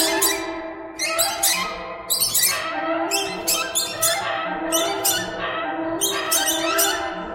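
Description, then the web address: Birds calling with grating squawks and high chirps, crowded overlapping bursts forming a continuous racket. "soundfactory birds"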